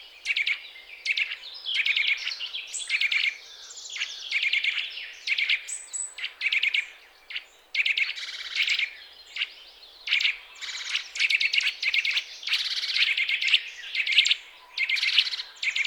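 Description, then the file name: Eurasian nuthatch calls steadily with rapid, high, clipped notes grouped into short rattles, pausing briefly between bouts. "Sitta europaea"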